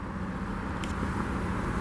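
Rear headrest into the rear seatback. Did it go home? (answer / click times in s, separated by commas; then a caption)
yes / 0.8 s. A padded leather rear-seat headrest on metal posts in a 2016 Volvo S60 T6 AWD R-Design is pushed back up into its raised position in the rear seatback, over a steady low hum. A short, bright click at 0.8 s marks the headrest clicking back into place.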